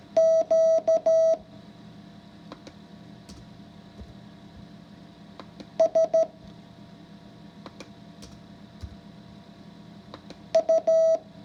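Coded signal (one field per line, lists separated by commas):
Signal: Morse code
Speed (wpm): 13 wpm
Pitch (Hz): 650 Hz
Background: none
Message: Q S U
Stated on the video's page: Morse code lesson 5 practice.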